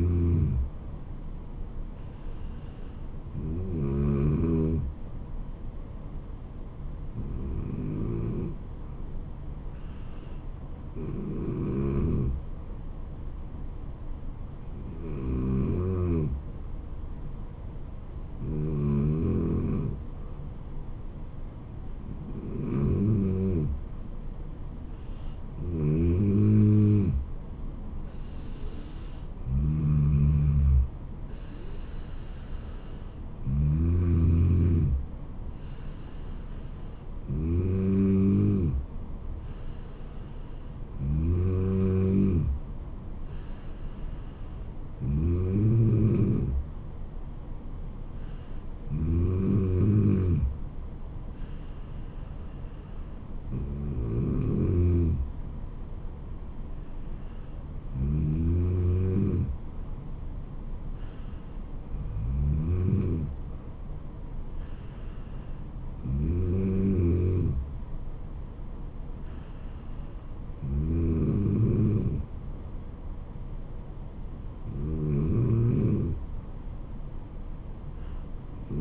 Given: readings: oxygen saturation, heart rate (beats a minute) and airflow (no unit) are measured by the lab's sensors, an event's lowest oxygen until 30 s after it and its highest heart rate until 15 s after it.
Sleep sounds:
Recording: breathing in sleep by a smartphone at the bedside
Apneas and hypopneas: 1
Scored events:
3.00-23.70 s: hypopnea (N2, oxygen 95% highest, then 92% lowest, heart rate 74 at the start, 77 highest)
41.00-71.00 s: new sleep stage, N3 (deep sleep)
71.00-78.81 s: new sleep stage, N2 (light sleep)
From the record:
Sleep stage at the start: N2 (light sleep)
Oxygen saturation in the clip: 92 to 95%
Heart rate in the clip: 68 to 77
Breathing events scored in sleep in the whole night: 426 in 7.4 hours asleep

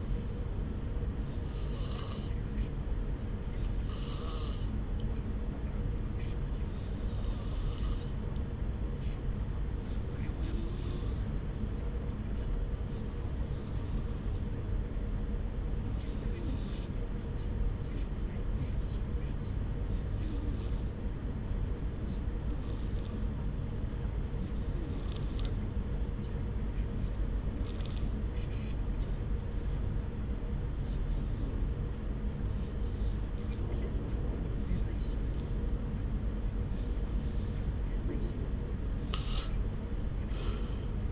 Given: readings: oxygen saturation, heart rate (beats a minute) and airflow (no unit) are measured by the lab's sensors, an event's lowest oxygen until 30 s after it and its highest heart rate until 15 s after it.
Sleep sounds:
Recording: breathing in sleep by a smartphone at the bedside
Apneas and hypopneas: 1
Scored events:
3.00-36.80 s: hypopnea (REM, oxygen 93% highest, then 79% lowest)
From the record:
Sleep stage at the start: REM sleep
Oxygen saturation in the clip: 84 to 93%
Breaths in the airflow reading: 16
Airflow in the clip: -0.7 to 1.1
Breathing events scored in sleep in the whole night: 335 in 6.7 hours asleep

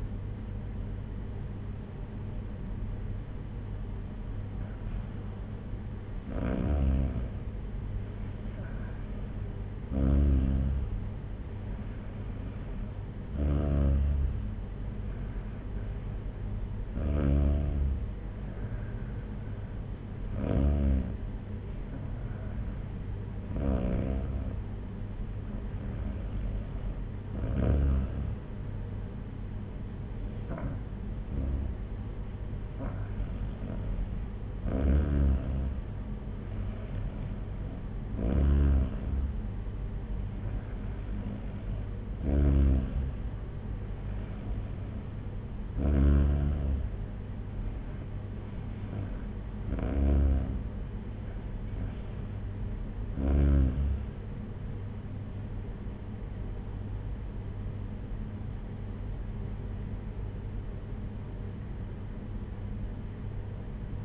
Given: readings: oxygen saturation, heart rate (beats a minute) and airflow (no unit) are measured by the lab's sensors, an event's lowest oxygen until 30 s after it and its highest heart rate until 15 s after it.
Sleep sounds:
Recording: breathing in sleep by a smartphone at the bedside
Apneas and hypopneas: none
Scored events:
none scored
From the record:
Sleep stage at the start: N2 (light sleep)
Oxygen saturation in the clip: 93 to 95%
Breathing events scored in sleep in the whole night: 226 in 8.8 hours asleep

